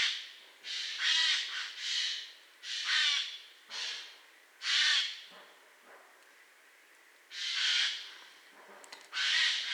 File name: Garrulus glandarius